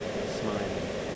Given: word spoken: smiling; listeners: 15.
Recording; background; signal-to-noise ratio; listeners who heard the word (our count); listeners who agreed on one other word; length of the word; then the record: one English word in noise, from a listening test; speech-shaped noise; -5.1 dB; 1 of 15; 12 of 15; 0.75 s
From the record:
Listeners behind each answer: 12, 1, 1, 1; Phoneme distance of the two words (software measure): 14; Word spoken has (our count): 2 syllables, 6 phonemes, stress on syllable 1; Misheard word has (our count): 1 syllable, 4 phonemes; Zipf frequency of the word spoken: 4.26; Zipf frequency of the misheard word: 4.71